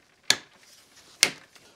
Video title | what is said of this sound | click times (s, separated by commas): TRD Pro Grill Install on 3RD Gen Tundra (2022-2024) | this thing should just kind of pop into place. | 0.3 s, 1.2 s